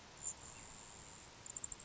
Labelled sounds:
Grasshopper Sparrow
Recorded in Sonoma County, California

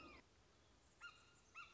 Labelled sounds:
Red-shouldered Hawk
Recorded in Sonoma County, California

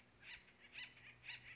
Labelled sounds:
Acorn Woodpecker
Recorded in Sonoma County, California

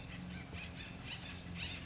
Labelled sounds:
Acorn Woodpecker
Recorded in Sonoma County, California

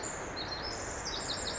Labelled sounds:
Pacific Wren
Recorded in Sonoma County, California

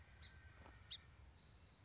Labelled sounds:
Song Sparrow
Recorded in Sonoma County, California

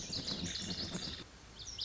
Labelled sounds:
Lazuli Bunting
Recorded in Sonoma County, California

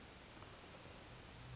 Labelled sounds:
California Towhee
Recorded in Sonoma County, California

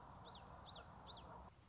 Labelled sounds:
Common Yellowthroat
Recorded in Sonoma County, California

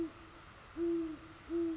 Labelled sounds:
Great Horned Owl
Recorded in Sonoma County, California

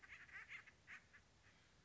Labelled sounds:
Acorn Woodpecker
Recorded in Sonoma County, California

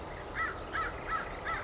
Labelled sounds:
American Crow
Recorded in Sonoma County, California

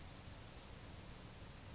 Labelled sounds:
California Towhee
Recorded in Sonoma County, California

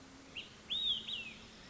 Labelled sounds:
Olive-sided Flycatcher
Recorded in Sonoma County, California

